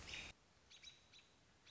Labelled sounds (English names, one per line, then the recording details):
American Robin
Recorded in Sonoma County, California